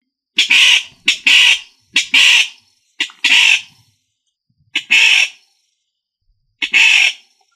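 Rail calling with harsh, nasal squawks, mostly in doubled bursts, six groups over about seven seconds.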